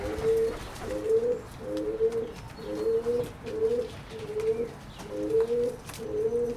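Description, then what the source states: Pigeon cooing steadily, eight soft low coos in a regular series about one per second, with a quiet background. Berlin, Germany, 2022.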